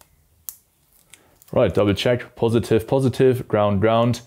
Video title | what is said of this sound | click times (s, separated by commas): How To Install Bar End Indicators | and you'll hear them click once they're fully secured | 0.5 s